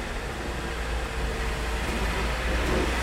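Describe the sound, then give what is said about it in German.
An old car drives past, its engine a steady, low rumble wrapped in broad hissing road noise that holds an even loudness for about three seconds, with no voices. “Wo ja, der, ein Auto ist, der ist so alt, wie er sich anhört.”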